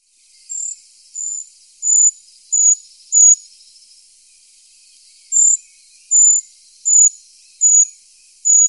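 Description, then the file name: Eurasian treecreeper giving thin, very high-pitched call notes, ten short sharp notes repeated about every two-thirds of a second with a brief pause midway. "Tradkrypare"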